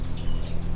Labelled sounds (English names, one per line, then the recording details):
Stitchbird song
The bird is a male
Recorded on Tiritiri Matangi Island, New Zealand, in 2005
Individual 2, of nest box 2